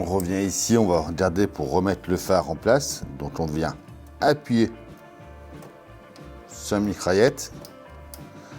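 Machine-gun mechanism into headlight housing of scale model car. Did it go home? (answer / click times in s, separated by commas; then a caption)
yes / 8.1 s. On a 1/8 scale DB5 model car, someone presses on the small plastic/metal machine-gun assembly behind the headlight until it engages in the headlight housing. Someone talks over background music, and a sharp tick is heard at 8.1 s as the part clicks into place and is seated.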